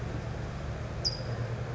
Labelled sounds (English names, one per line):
California Towhee